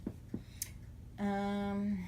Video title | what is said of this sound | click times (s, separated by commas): Palette Declutter | when you close it it snaps into place and I like that | 0.6 s